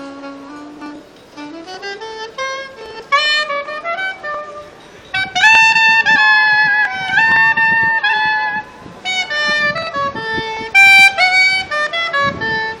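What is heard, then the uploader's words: A street performance of Arabic music, led by a single melodic line, probably voice or a reed or bowed instrument, sliding and ornamenting between notes. It starts quieter, then grows louder and fuller after about five seconds, with bright, sustained high phrases and a low rumble of street noise underneath. Arabic Street Concert In Berlin by roelven.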